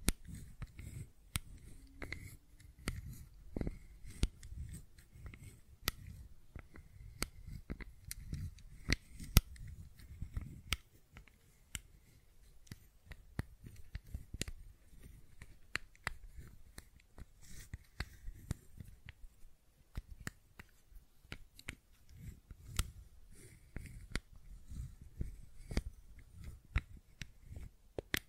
Fidget Cube Tapping and Clicking Sounds